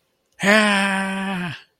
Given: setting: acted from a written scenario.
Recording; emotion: vocal sound without words; fear